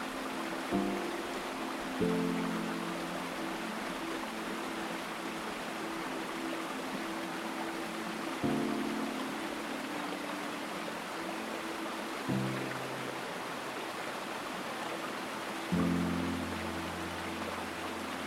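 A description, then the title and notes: Steady rushing water fills the clip while soft sustained low tones change pitch at intervals, near 1, 2, 8.5, 12.5 and 16 seconds. Calming sounds of water and tranquil tunes.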